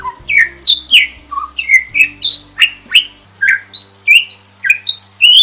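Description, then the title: Bird song of loud slurred chirps, several a second, alternating high and lower notes, some sweeping upward, with a faint low hum. Masteran recording made for training songbirds. "Master Burung Jos"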